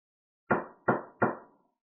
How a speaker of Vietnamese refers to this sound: Ngoài Ti Vũ Điện vang lên tiếng đập cửa.